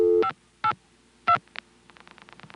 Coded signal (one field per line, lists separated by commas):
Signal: DTMF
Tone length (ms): 80 ms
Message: 582